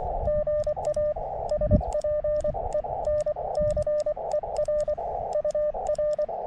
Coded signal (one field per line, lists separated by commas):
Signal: Morse code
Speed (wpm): 24 wpm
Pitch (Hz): 600 Hz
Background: radio noise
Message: GA SPENCER UR